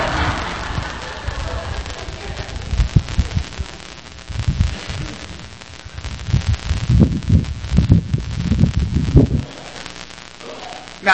Dusk began to fall. The rarest sound of all a lion sneeze.